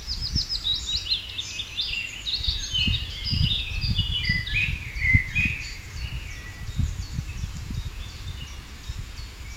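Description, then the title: Birds singing, several overlapping whistled phrases with descending and stepped notes, over a steady low rumbling background. Birdsong from a Norwegian forest, described as quite clear. "来自挪威森林的鸟叫声，相当清澈"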